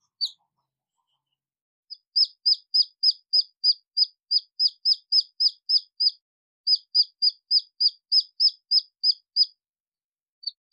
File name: Tieng ga rung con keu goi me lac bay